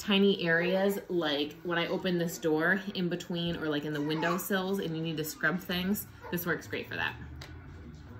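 Someone talks while a small scrubber pad holder is being pushed onto the plastic universal handle of a handheld cleaning tool, with a brief sharp handling sound near 7.4 seconds. The scrubber head has not yet snapped into place; nothing has seated or clicked yet.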